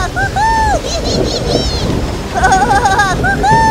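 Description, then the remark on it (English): A steady, loud roar of rough, churning storm waves rocking a boat, with low rumbling like thunder underneath, while wavering, wailing tones rise and fall above the noise throughout. “The boat floated for hours before being caught in a storm.”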